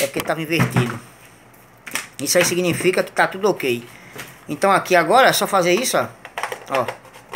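Someone talks while handling a rebuilt battery pack at the base of the handle of a Skil cordless drill/driver, with brief knocks at about 1.9 s and 7.3 s. The pack has not yet been pushed home, and nothing has seated or clicked.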